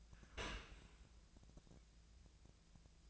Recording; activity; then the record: daily activity, microphone in the room; open dishwasher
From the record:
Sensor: 2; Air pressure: 1000.4 hPa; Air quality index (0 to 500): 167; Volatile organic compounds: 3 ppm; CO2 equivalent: 1384 ppm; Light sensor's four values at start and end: 11/31/12/14 and 11/31/12/14